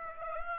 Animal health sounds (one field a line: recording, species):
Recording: mosquito wingbeat signal from an infrared sensor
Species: Aedes aegypti